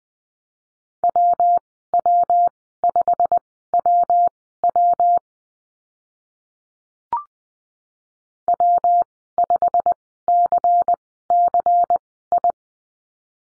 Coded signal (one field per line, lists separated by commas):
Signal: Morse code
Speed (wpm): 20 wpm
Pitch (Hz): 700 Hz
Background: none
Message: WW5WW W5CCI